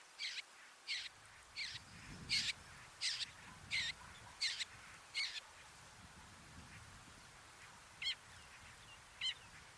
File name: Ruud van Beusekom - Dlinnohvostyj sorokoput Lanius schach